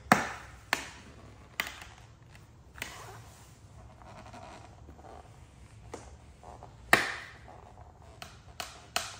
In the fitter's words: you still hear a popping sound that means the adhesive will not fully attached